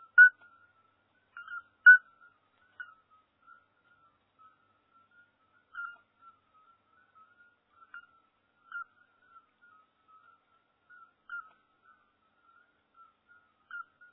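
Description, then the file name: Toad calling with short, pure whistled notes repeated at irregular intervals, some louder, others faint; no other sounds. "crapaud"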